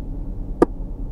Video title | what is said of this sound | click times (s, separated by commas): DRIVING LESSON FOR BEGINNER (1ST SESSION) | 3. Mhm. Ayan. 3 to 5 click yung sound. | 0.6 s